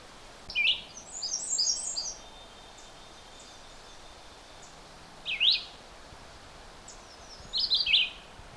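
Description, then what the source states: Red-eyed Vireo song: short, sharp, slurred whistled phrases separated by long pauses, with a jumble of higher twittering notes early on. Singing inconsistently while moving around; song made of phrases, notes and pauses.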